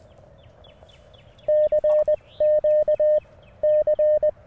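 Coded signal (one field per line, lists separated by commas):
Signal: Morse code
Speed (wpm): 20 wpm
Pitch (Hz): 610 Hz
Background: none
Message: CQ C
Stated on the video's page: Portable CW on a Mountain Topper MTR5B during a Parks on the Air activation, rough keying on a pressure paddle, sidetone loud.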